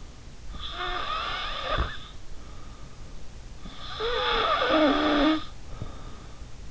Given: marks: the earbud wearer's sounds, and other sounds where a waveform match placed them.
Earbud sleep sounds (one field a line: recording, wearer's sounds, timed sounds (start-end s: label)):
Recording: sounds in sleep by an in-ear microphone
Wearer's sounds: snoring breath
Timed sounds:
0.49-2.91 s: snoring breath
3.67-6.36 s: snoring breath